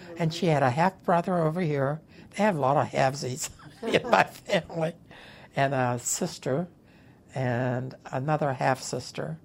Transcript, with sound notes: And she had a half-brother over here—they have a lot of halfsies (laughs) in my family—and a sister, and another half-sister.